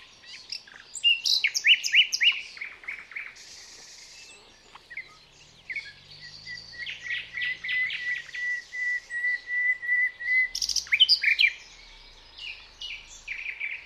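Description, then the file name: Common nightingale song with varied chirps and a long run of fast repeated notes, then a quiet gap before sharp bursts resume. "Luscinia megarhynchos"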